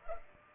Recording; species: mosquito wingbeat signal from an infrared sensor; Culex pipiens